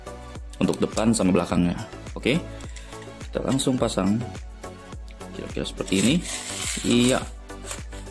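An iron sight is handled and held against the rail of a toy M416 blaster while someone talks over background music, with a few small handling knocks. Nothing has seated or clicked yet.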